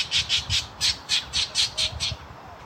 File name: Spangled drongo